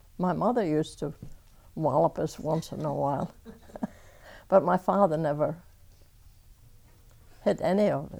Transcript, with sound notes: My mother used to wallop us once in a while (she laughs) but my father never hit any of us.